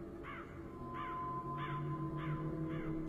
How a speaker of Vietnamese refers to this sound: Đầu đó có bầy quạ bay về đậu trên cây gạo ngay đầu làng, kêu lên những tiếng thẳng thốt. Có lẽ mặc dù là xác người thì được dọn đi, thế nhưng mùi tử khí vẫn còn lưu lại, dẫn dụ bầy quạ về đây.